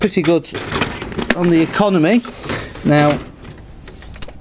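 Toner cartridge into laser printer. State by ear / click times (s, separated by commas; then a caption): seated / 4.2 s. Someone talks while a large toner cartridge is slid back into an HP LaserJet Enterprise M806x (M800 Series) laser printer with NFC and Wi-Fi module. A few soft sliding knocks follow, then a sharp loud click at 4.2 s as the cartridge locks into place.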